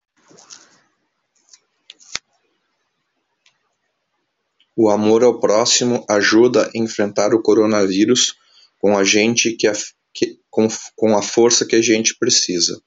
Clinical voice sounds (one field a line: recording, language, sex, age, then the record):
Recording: spoken sentence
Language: Brazilian Portuguese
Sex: male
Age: 40 to 49 years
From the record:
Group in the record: control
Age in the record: 48 years